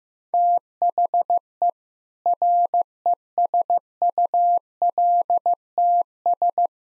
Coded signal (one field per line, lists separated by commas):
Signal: Morse code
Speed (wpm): 15 wpm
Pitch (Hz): 700 Hz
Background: none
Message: THE RESULTS